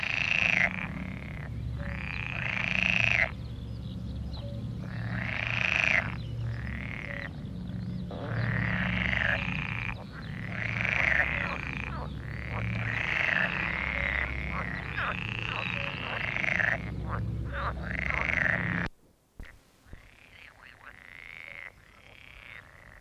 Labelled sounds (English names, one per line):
Pool Frog call